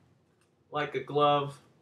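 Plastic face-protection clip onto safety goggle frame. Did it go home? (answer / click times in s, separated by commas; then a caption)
no / none. A plastic face-protection attachment is being fitted onto ESS Turbo Fan safety goggles, with the goggles flipped over the top of the attachment so its side clips can snap onto the goggle frame. Someone talks briefly over faint handling noise. Nothing has clicked or seated yet.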